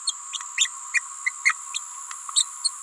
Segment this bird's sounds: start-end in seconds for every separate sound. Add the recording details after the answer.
0.07-0.14, 0.32-0.39, 0.57-0.69, 0.94-1.00, 1.26-1.31, 1.45-1.53, 1.74-1.80, 2.35-2.46, 2.64-2.69. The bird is a female. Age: 28 days. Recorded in a nest box in Venezuela. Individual 17B31A3